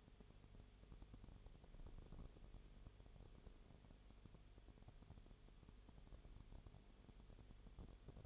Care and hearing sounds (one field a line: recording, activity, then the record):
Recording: daily activity, microphone in the room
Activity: no activity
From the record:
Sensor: 4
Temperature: 22.0 degrees Celsius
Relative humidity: 29.4%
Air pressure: 1002.1 hPa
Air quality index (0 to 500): 59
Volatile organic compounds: 1 ppm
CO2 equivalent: 609 ppm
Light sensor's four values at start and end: 2/3/1/1 and 2/3/1/1